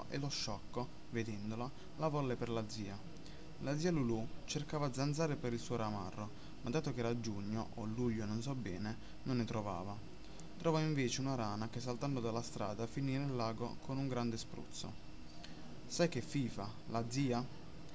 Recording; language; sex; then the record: read passage; Italian; male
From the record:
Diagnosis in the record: healthy control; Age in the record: 20 years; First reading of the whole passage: 46 s, 11.2 characters per second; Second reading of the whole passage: 43 s, 12.0 characters per second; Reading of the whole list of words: 38 s, 7.5 characters per second